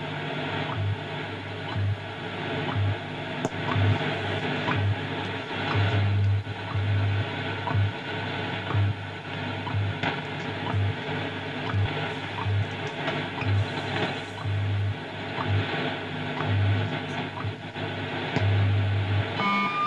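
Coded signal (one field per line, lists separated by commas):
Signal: radio time signal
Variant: WWVH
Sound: noisy shortwave static with low hum pulses, faint second ticks, steady tone starting near end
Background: radio static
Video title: National Institute of Standards and Technology Time WWVH Hawaii 15 Mhz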